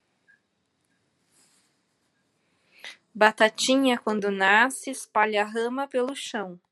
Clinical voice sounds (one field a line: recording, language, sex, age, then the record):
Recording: short text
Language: Brazilian Portuguese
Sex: female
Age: 30 to 39 years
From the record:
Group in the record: control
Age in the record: 31 years